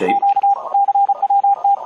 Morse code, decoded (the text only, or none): Q CWT